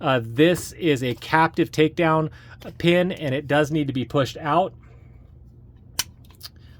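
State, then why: Released. Someone talks, then pushes out the captive metal takedown pin on a Hudson H9 pistol frame for field stripping, and it clicks at 6.0 s. Faint ticks follow as the pin, now out a little further, is released and can be rotated down.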